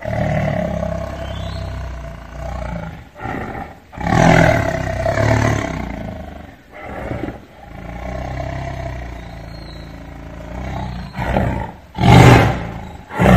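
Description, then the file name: Tiger roaring in long rasping bursts, with deep sustained rumbling between louder peaks near four and twelve seconds. "Tieng ho gam"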